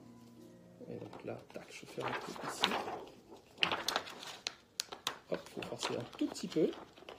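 A punched PVC A4 sheet is being handled and forced over a peg on a 3D-printed face-shield headband while someone talks. Crinkling and sharp plastic snaps and taps are heard around 3.6 to 5.1 seconds. The sheet has not yet clipped onto the peg, and nothing has seated by the end of the clip.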